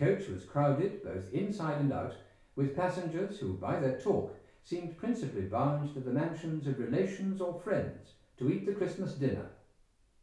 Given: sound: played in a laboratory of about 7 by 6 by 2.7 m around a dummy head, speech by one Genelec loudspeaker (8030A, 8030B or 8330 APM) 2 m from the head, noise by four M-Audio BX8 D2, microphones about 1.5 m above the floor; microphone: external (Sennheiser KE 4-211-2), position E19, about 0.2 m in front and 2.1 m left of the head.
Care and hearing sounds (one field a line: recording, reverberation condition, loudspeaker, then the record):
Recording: male speech in English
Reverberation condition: medium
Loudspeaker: 120 degrees to the left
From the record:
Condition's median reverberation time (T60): about 510 ms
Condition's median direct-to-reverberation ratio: about -0.5 dB